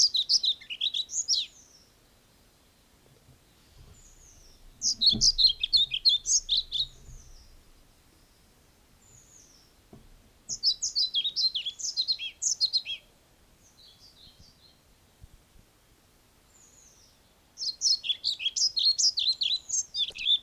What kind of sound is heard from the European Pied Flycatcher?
song